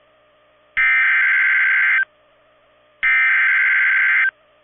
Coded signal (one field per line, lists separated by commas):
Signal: Emergency Alert System (SAME) tones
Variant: header bursts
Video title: SVR On KIG86 2/27/23 (EAS #1526)